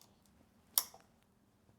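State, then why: Seated. An electrical plug is pushed onto a new oil level sensor under a BMW E46 M3. A single loud, sharp click at 0.8 s marks the plug locking into place, followed by a brief fading ring against a quiet background. The connector is seated.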